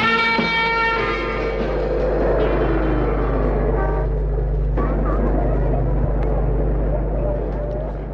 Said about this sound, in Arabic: بقالي ربع ساعه عمال ازمر لك، ما سمعتش الكلاكس ولا ايه؟